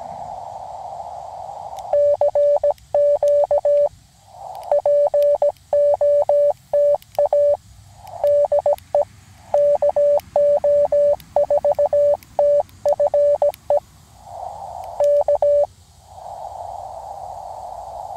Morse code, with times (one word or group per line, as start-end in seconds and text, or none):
1.9-3.9 CQ
4.7-7.5 POTA
8.2-9.0 DE
9.5-13.8 KO4TFE
15.0-15.6 K